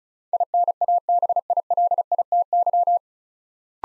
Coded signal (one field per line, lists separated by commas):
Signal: Morse code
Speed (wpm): 36 wpm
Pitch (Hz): 700 Hz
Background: none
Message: INABILITY